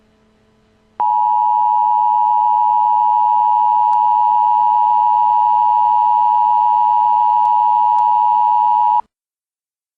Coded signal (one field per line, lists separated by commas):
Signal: Emergency Alert System (SAME) tones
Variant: 853 and 960 Hz attention tone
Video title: EAS Black Death